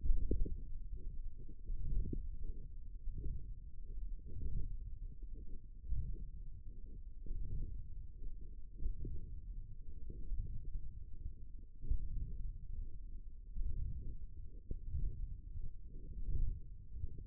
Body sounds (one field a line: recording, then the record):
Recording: forearm muscle sounds (acoustic myography)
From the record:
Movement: wrist flexion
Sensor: system 1, eight BSWA MPA416 microphones around the upper forearm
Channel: 3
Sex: female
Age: 22 years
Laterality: right